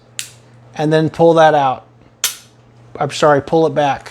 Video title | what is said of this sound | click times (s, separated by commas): A basic pistol crash course on semi-auto pistols and revolvers-dedicated to those new to handguns | pull the slide back let that trigger out slowly till you feel it click that resets | 0.2 s